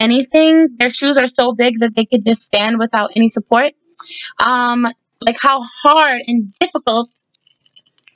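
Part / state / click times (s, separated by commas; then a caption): plastic doll shoe on a doll's foot / released / 8.1 s. Someone talks, then a chunky plastic shoe is pulled off a fashion doll's foot, with a few small clicks as it is worked loose. It comes free with a sharp snap at 8.1 s, and the shoe is released.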